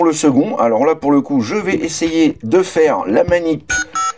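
Someone talks while gently working a transformation step on a plastic Transformers X Knight Rider Agent Knight (KITT / K2000) robot-car toy, moving an arm or panel part toward its clip in the car body. A few short, steady electronic tones sound near the end. Nothing has seated or clicked yet.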